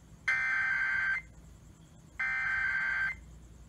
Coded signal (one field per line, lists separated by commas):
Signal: Emergency Alert System (SAME) tones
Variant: header bursts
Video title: KLLI 93.9 Nighttime EAS Test (EAS #2421) 8/19/20